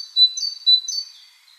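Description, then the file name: Great tit song: two clear two-note phrases, each a high note sliding down to a steady lower whistle, given in quick succession. "Parus major"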